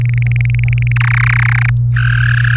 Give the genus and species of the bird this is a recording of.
Serinus canaria